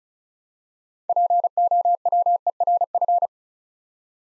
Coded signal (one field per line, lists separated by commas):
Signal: Morse code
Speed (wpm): 36 wpm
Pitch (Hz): 700 Hz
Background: none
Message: POWERF